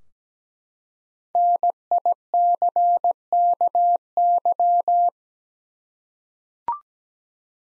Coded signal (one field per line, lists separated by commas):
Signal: Morse code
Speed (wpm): 17 wpm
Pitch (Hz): 700 Hz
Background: none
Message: NICKY